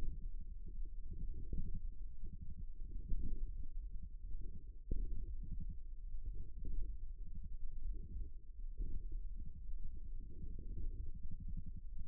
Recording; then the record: forearm muscle sounds (acoustic myography)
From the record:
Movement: radial deviation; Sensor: system 1, eight BSWA MPA416 microphones around the upper forearm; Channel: 8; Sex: male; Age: 54 years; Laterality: right